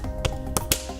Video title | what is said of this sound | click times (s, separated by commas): Proline Seamless Magnetic Concrete Stamps Overview | they really are good about sort of letting you know when they're attached and you can see one there these magnets are engaged | 0.6 s, 0.7 s